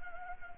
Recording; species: mosquito wingbeat signal from an infrared sensor; Anopheles gambiae